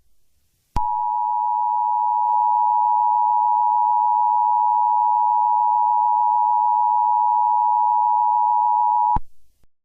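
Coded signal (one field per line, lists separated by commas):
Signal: Emergency Alert System (SAME) tones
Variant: 853 and 960 Hz attention tone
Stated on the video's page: Fictional EAS scenario about a zombie invasion, not a real alert.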